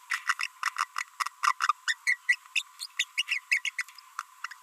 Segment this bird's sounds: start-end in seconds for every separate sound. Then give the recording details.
0.26-0.33, 0.39-0.47, 0.63-0.70, 0.77-0.85, 0.96-1.03, 1.20-1.28, 1.43-1.52, 1.61-1.72, 1.88-1.94, 2.07-2.15, 2.29-2.35, 2.56-2.62, 2.79-2.86, 2.98-3.04, 3.18-3.22, 3.28-3.39, 3.51-3.60, 3.65-3.69, 3.79-3.82. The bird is a female. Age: 28 days. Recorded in a nest box in Venezuela. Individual 17B42B2